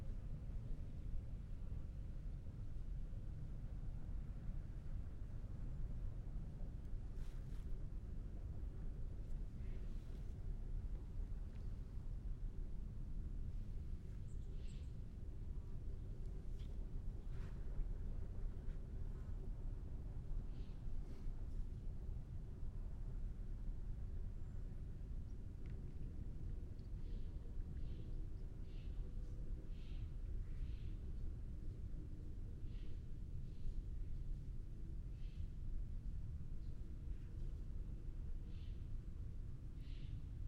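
An outdoor recording at Tilden Regional Park, Orinda, CA, dominated by a steady, dense low rumble like distant traffic. Short, bright chirps and clicks break through now and then, becoming more frequent and rhythmic in the second half.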